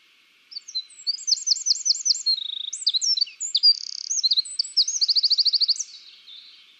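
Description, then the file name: Eurasian wren song: a loud, rapid outpouring of high, sharp notes, with fast trills and a final buzzy rattle before it fades out. "Troglodytes troglodytes"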